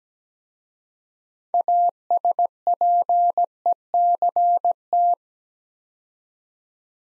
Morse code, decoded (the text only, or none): ASPECT